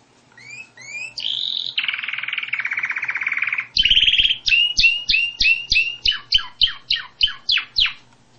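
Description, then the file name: Canary singing a varied phrase: paired rising chirps, buzzy rolling trills, then a fast series of sharp, descending notes repeated several times a second. "Canary Voice"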